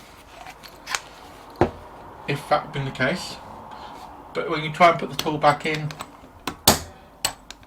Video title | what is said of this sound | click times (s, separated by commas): What’s in My Toolbox: GEARZARR Locking Wheel Nut Removal Kit — Outstanding or Junk? | and it isn't, and as you can see it doesn't lock in, which | none